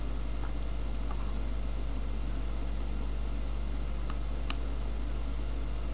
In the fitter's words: Voilà. Là, je l'ai bien clipsé.